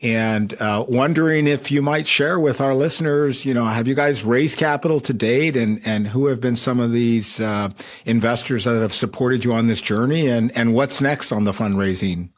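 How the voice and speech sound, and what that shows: A man speaks fluently for about twelve seconds in a clear mid-pitched voice at a conversational pace, with only a few fillers and brief repetitions typical of casual talk. Voice quality and articulation sound ordinary, consistent with normal adult speech.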